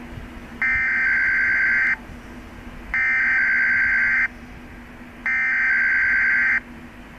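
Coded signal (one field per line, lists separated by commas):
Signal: Emergency Alert System (SAME) tones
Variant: header bursts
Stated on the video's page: Required weekly tests received on two-way radios from two NOAA weather radio transmitters, one in Arab and one in Huntsville.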